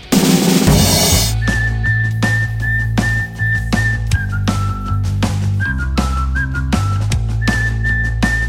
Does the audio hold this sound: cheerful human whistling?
yes